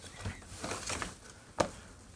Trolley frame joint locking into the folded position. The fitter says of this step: machen wir natürlich bis der trolley eingerastet ist